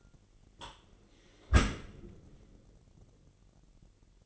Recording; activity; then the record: daily activity, microphone in the room; close dishwasher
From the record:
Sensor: 4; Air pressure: 999.2 hPa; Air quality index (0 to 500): 122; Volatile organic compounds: 2 ppm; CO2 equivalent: 1197 ppm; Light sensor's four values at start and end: 8/20/8/8 and 8/20/8/8